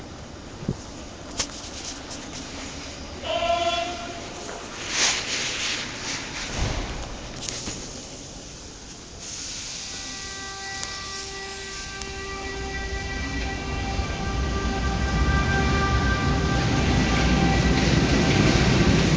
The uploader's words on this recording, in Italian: Rotaie. Il treno nell'inverno sferraglia da Verona P. Nuova verso Milano.